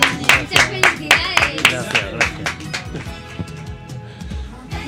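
An audience breaks into applause for someone's 36th birthday, a dense burst of sharp claps that is loudest at first and then thins and fades, with voices talking underneath.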